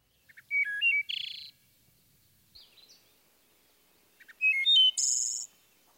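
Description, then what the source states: Wood Thrush song: short introductory notes, a clear flute-like phrase, then a buzzy fluttered ending, given twice with a brief soft note between. Song built on a flute-like 'Eole' phrase with variations between introductory and ending notes; final phrase a series of fast fluttered notes, sometimes like a metallic trill.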